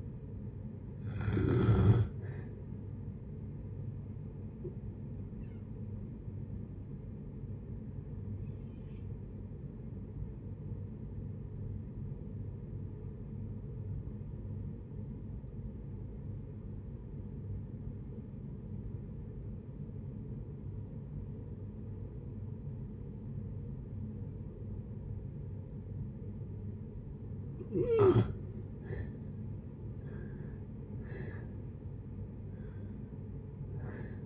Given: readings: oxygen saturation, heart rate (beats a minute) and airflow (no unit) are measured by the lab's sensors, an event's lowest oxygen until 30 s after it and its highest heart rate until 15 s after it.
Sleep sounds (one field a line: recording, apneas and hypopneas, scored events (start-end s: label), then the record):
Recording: breathing in sleep by a smartphone at the bedside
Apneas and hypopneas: 1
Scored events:
5.00-29.10 s: hypopnea (N2, oxygen 95% highest, then 78% lowest, heart rate 70 at the start, 73 highest)
26.00-34.26 s: new sleep stage, N1 (lightest sleep)
From the record:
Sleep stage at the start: N2 (light sleep)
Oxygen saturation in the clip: 84 to 95%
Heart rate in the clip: 56 to 71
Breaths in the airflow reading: 6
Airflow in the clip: -6.4 to 6.5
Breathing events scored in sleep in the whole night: 496 in 5.4 hours asleep